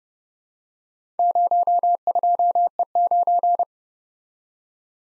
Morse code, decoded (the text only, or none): 02E9